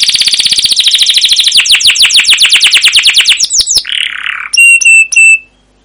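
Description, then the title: Canary song: a fast rolling trill that slows into separate sweeping notes, a short buzzy burst, then three sharp whistled notes before silence. Canary song used as a lure to train other canaries; described as long, persistent rolling song with 'cuit cuit' notes. "CUIT CUIT NGEROL LANGSUNG GACOR PANJANG Kenari Ini AMPUH Utk Pancingan KENAR"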